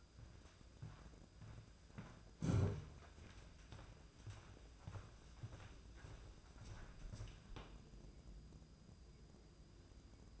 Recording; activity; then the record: daily activity, microphone in the room; walk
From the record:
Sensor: 2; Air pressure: 995.8 hPa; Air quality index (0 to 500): 245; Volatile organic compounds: 1000 ppm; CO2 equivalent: 6052 ppm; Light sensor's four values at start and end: 34/80/36/40 and 31/76/33/37